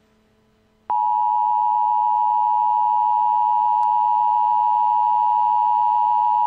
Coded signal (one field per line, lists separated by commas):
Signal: Emergency Alert System (SAME) tones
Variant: 853 and 960 Hz attention tone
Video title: EAS: "Revenge of the Trash Collectors"